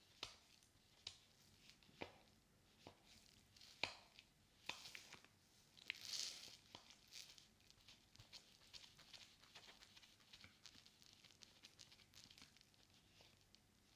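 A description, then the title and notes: Water, soap and a sponge: a string of soft, sharp taps and squishy clicks sounds at irregular intervals over a quiet, hissy bed. The clicks come about once a second early on, with a louder wet rush around six seconds, then thin into faint patter. ASMR Binaural Sounds Water Soap Sponge.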